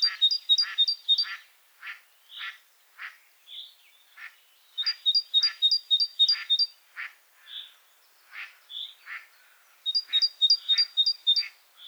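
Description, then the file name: Great tit song, three bursts of a high two-note phrase repeated five or six times each, mixed with many rough, nasal, chattering notes throughout. "Parus major"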